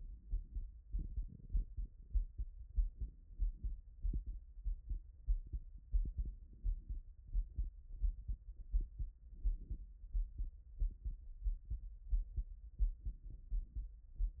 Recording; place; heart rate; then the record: heart sounds by stethoscope; Erb's point; 88 bpm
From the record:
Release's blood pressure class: hypertension stage 1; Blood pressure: 133/69 mmHg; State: after exercise